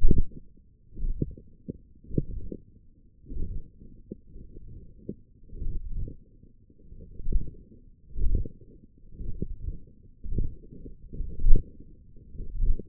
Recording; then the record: forearm muscle sounds (acoustic myography)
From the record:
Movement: wrist flexion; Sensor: system 1, eight BSWA MPA416 microphones around the upper forearm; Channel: 5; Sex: male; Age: 21 years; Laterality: right